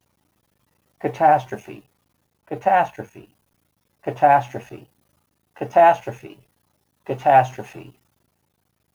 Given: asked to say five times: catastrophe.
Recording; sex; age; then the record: repeated word; male; 50 to 59 years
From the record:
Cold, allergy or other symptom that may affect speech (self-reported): no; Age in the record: 57 years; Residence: Virginia, United States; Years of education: 17